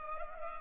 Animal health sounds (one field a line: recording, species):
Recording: mosquito wingbeat signal from an infrared sensor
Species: Culex pipiens